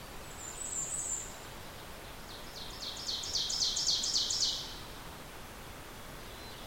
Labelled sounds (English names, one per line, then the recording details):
Ovenbird song
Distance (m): 35 m
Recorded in boreal forest in Alberta, Canada, on 14 June 2016 at 05:31
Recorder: SongMeter 3, array SBT-3-33
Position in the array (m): 115 m, 25 m
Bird 21